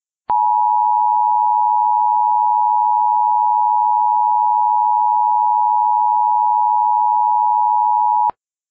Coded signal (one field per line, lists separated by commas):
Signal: Emergency Alert System (SAME) tones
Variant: 853 and 960 Hz attention tone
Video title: *VALID TONES* Hurricane Jerry: Great Lakes Monster - REMASTERED EDITION